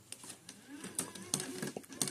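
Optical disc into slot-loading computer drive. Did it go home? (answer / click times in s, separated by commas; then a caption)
yes / 1.3 s, 2.0 s. An audio CD is pushed by hand into a slot-loading optical drive in a computer, and the drive pulls it in with a soft whirring. Short, sharp mechanical clicks at 1.3 and 2.0 seconds mark the drive clamping the disc, and the disc locks into place.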